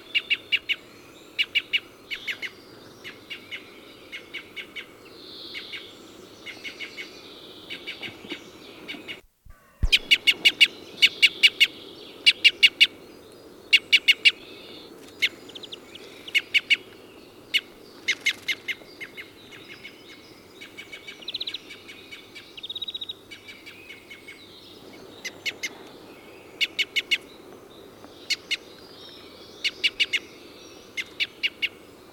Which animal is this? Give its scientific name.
Loxia curvirostra